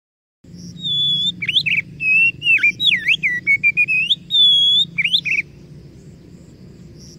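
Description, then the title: Oriental magpie-robin singing a rapid, varied run of whistled and slurred notes, including sharp downward swoops and a long, steady high whistle near the end. Masteran (training recording) used to provoke kacer into singing. "Masteran Kacer Yang Sukses Memancing Kacer Gacor Sampai Jadi Juara"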